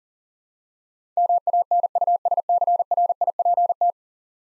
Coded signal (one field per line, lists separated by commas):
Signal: Morse code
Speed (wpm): 40 wpm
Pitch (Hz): 700 Hz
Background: none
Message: MANUSCRIPT